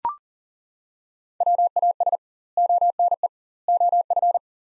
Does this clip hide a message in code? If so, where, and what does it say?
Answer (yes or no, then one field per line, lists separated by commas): yes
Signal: Morse code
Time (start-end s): 1.4-4.4 s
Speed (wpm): 40 wpm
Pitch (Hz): 700 Hz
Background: none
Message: WAS ONE OF